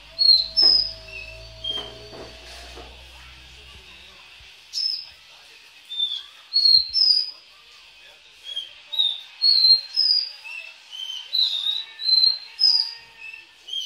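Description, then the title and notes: Belgian canary singing a series of high whistled notes, with a pause partway through, over a low steady hum in the opening seconds. "Canario Belga"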